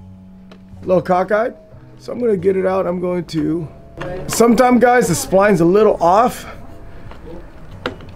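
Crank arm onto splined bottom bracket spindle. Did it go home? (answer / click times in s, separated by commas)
yes / 7.9 s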